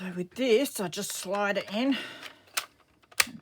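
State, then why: Seated. Someone talks while sliding an interchangeable plastic edge-punch head into the punch base. After a short, quieter tap near 2.6 s, a sharp click at 3.2 s marks the head seating in the base, ready to use.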